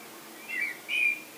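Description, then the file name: Common blackbird giving short whistled notes: a brief one, a longer one and the start of a third, over faint steady background hiss. "Turdus merula"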